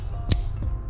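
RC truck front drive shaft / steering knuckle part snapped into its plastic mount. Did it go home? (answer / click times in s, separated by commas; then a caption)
yes / 0.3 s. While a Traxxas Stampede RC truck kit's front module is assembled, a plastic drive shaft and steering knuckle part is pressed home into its plastic mount and gives one sharp, loud snap at 0.3 s. The other softer hits are background music beats. The part is seated.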